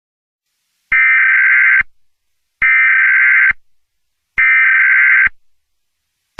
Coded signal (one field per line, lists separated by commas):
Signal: Emergency Alert System (SAME) tones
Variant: header bursts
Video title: EAS Scenario #12 | The Springtrap Killer | A FNAF Scenario